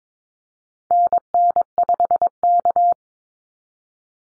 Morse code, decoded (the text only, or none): NN5K